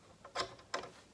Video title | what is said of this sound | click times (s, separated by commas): 100 Days of Sewing -- Day 17 -- Taking the Fear out of Buttonholes | guide down and then locked into place | 0.7 s